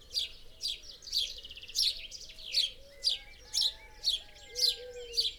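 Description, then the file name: House sparrow chirps, slightly uneven, about two per second, over faint low tones. "Passer domesticus"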